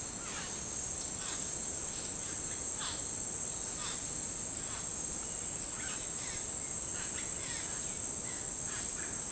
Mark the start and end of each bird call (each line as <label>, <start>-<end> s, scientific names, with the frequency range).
Cacicus cela (0.2-6.0 kHz), 0.23-9.32 s